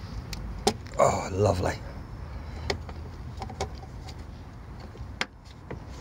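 A replacement plastic clip or cover is pressed home in the engine bay of a VW T5 van. Someone talks briefly over light handling taps, and a loud, sharp click at 5.2 s shows the part has seated.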